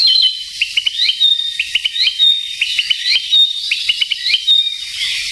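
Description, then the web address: Narcissus flycatcher song: short phrases of clear whistled notes and quick upslurred chirps, repeated about once a second, over steady high hiss. "sikioto. kibitaki"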